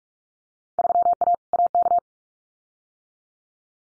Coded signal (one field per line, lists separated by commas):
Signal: Morse code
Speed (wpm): 46 wpm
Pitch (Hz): 700 Hz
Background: none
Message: 3A AK